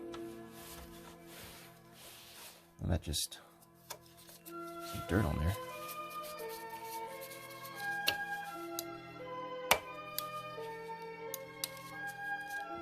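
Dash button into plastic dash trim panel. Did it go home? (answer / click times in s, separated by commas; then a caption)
yes / 9.7 s. A dash button with clips on its top and bottom is pressed into the plastic dash trim panel of a Crown Victoria while music plays and someone talks. A sharp click at 9.7 s marks the button snapping in and seating in the trim.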